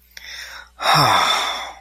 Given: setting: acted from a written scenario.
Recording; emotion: vocal sound without words; pride